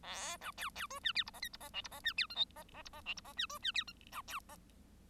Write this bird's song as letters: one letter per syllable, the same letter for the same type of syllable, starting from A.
A B C C D E F G H I G H J G H E F K L H H G H J G H E D E F K B C H